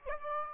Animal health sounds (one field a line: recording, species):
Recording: mosquito wingbeat signal from an infrared sensor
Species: Aedes aegypti